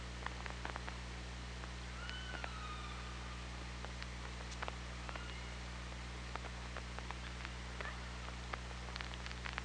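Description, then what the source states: Killer whale call, a curving tonal note with harmonics near the start, then scattered sharp clicks over constant underwater noise. OrcaLab hydrophone, 24 August 2017.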